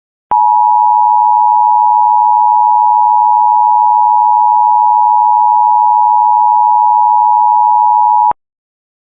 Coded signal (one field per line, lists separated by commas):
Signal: Emergency Alert System (SAME) tones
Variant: 853 and 960 Hz attention tone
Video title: All EAS Required Tests I played (EAS #13 - EAS #31)